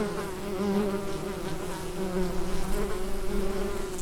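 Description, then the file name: Bee flight buzz, a low steady drone with faintly pulsing loudness throughout. "Bienenflug"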